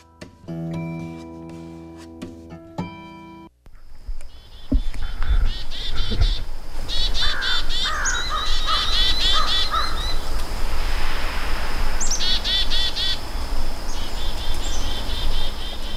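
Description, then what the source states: Chickadees scolding: rapid, buzzy high notes repeated in agitated bursts after a brief musical intro. Chickadees mobbing a bird predator such as a merlin or Cooper's hawk, along with other animals; a crow is heard in the background.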